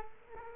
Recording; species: mosquito wingbeat signal from an infrared sensor; Culex quinquefasciatus